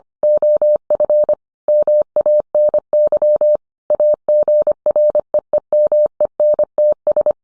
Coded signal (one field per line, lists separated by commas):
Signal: Morse code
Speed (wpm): 25 wpm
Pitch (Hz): 600 Hz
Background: none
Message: OF MANY AGREEMENTS